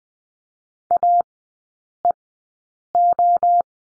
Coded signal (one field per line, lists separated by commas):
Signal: Morse code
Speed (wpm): 20 wpm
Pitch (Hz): 700 Hz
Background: none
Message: AEO